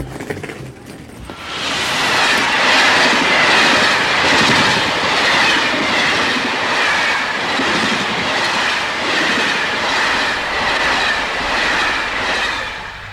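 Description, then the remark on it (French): A metro train runs on its rails, a loud, steady roar of rumble and hiss that swells in after a quiet second, with a faint rhythmic clatter pulsing throughout and no voices. “Moi aussi, le métro.”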